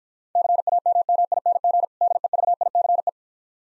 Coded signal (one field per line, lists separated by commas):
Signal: Morse code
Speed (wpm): 54 wpm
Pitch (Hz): 700 Hz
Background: none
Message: CAMMING DEVICE